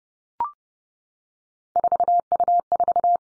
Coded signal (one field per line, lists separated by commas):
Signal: Morse code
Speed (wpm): 30 wpm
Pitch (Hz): 700 Hz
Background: none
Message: 4U4